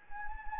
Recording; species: mosquito wingbeat signal from an infrared sensor; Anopheles gambiae